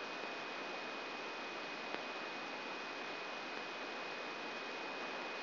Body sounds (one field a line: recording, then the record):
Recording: brain microelectrode recording played as sound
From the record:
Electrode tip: outside the subthalamic nucleus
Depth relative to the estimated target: 3 mm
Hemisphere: right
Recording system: AlphaMap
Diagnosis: Parkinson's disease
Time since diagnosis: 7 years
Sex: female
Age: 56 years